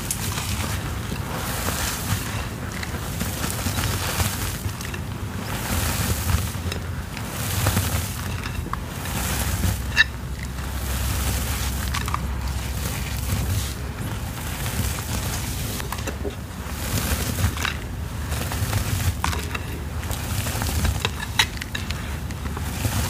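Gym chalk is crushed in repeated soft, crumbly bursts that come every second or two, some sharper crackles standing out near the ten-second mark and later. Underneath runs a steady, deep rumble, like a fan or engine, that never stops.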